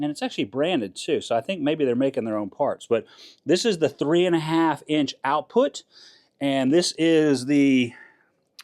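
A man talks while handling a plastic hot-air duct connector at the 3.5 in output port of an LF Bros N2 Pro diesel heater. The connector has not yet been pushed onto the port, and nothing has clicked or seated by the end of the clip.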